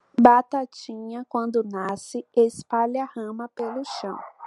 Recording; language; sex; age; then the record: short text; Brazilian Portuguese; female; 20 to 29 years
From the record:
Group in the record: control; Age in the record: 26 years